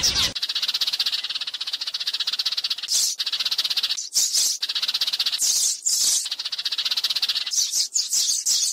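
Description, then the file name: Sparrow giving a dense, rapid, high-pitched chattering rattle that runs almost continuously, with short gaps and scattered shrill chirps. "Tieng se chuan"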